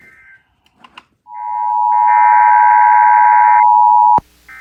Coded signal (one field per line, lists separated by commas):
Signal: Emergency Alert System (SAME) tones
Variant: 853 and 960 Hz attention tone